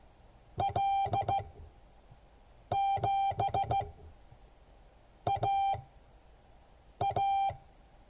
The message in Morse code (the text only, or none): L7AA